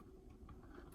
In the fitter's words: They kind of pop into place,